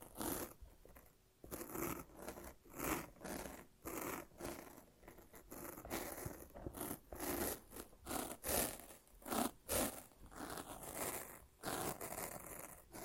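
Sticky tape and a lint roller peel and rip in a steady series of short, crackling pulls, each lasting under a second and coming roughly every half second. The tearing sounds are bright and raspy, with brief quiet gaps between strokes throughout.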